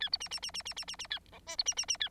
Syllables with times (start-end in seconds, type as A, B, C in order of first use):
0.00-0.09 A, 0.12-0.18 B, 0.20-0.29 C, 0.31-0.40 C, 0.42-0.51 C, 0.54-0.63 C, 0.65-0.74 C, 0.76-0.85 C, 0.87-0.96 C, 0.99-1.07 C, 1.10-1.19 A, 1.32-1.39 D, 1.46-1.56 E, 1.58-1.64 B, 1.66-1.74 C, 1.76-1.86 C, 1.88-1.97 C, 2.00-2.09 A